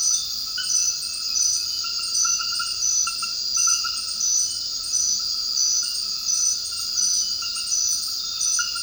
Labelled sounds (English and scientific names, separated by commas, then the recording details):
none
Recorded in dense forest near Puerto Asís, Putumayo, Colombia, on 18 February 2024 at 23:30
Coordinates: 0.481, -76.318
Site G6421